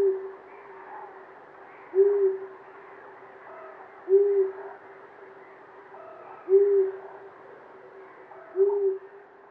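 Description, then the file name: Long-eared owl hooting: deep, steady single hoots repeated roughly every two seconds over a faint hiss. "Uszatka"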